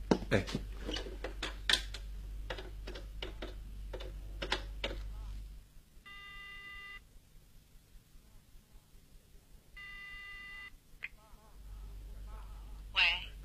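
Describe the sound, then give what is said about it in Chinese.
A telephone being dialed to call home, with a quick series of sharp clicks and taps over a low hum, followed by two separate buzzy ringing tones, each lasting about a second, with a quiet pause between. “这样吧，我打个电话回去问问。”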